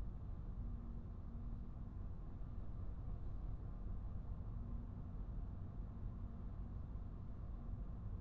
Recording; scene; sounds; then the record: everyday scene through a hearing-aid microphone; in a vehicle; engine, highway driving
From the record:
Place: Skoda Fabia, gasoline engine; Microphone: behind the ear, right, rear